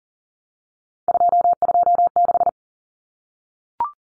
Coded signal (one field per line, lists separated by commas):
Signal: Morse code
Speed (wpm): 40 wpm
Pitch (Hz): 700 Hz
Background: none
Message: 226